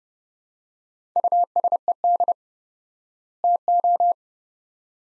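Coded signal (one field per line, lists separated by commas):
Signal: Morse code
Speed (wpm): 30 wpm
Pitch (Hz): 700 Hz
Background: none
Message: USED TO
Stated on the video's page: Morse practice sets of two words at 30 wpm with 4x word spacing, a word-level analogue of Farnsworth spacing, for head-copy training.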